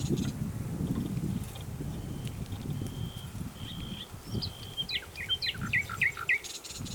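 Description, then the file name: Common nightingale song: a few long thin whistles building into a quick series of sharp, downslurred notes, over a steady low rumble. "Luscinia megarhynchos"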